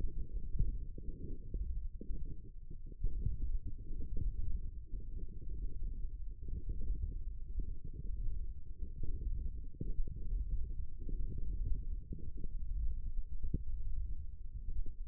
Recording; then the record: forearm muscle sounds (acoustic myography)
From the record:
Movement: ulnar deviation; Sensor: system 1, eight BSWA MPA416 microphones around the upper forearm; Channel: 3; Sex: male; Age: 18 years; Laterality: right